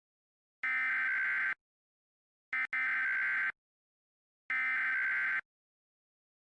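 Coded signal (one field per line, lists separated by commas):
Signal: Emergency Alert System (SAME) tones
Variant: header bursts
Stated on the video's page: Fictional mock alert, simulated.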